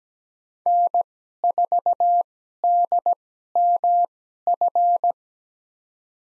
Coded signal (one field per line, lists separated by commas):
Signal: Morse code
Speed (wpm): 17 wpm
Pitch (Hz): 700 Hz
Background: none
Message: N4DMF